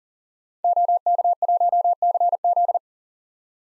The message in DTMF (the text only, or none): none